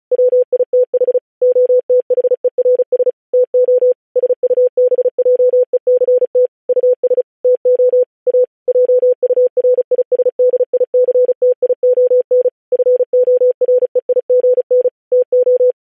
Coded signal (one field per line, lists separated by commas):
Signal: Morse code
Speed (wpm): 36 wpm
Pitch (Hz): 500 Hz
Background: none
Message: WITH OTHERS TO SUBJECT US TO A JURISDICTION FOREIGN TO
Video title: July 4, 1776. The Declaration of the thirteen united States of America in Morse Code